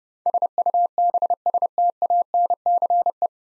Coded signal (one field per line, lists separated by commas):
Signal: Morse code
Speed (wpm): 30 wpm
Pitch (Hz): 700 Hz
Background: none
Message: SUBSTANCE